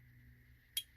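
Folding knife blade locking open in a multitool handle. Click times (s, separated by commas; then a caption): 0.8 s. The knife blade of a black steel Leatherman Wave+ multitool is opened until its liner lock engages with a single sharp metallic click at 0.8 s, heard against a quiet, steady low background. The blade locks open firmly, a very positive lock that will not close on the fingers while cutting.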